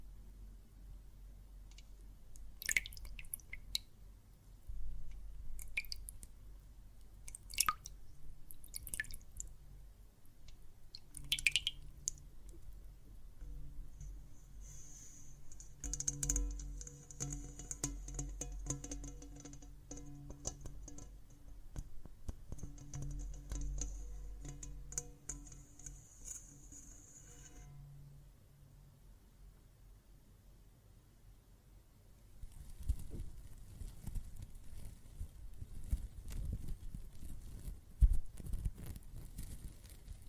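Water and soap foam make wet, squishy sounds with scattered drips and little pops through the first ten seconds. From about 15 to 28 seconds a steady, bright tone hums beneath crackling foam, then the sound dies away before a rougher, noisier rush of foam returns near the end.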